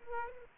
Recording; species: mosquito wingbeat signal from an infrared sensor; Aedes aegypti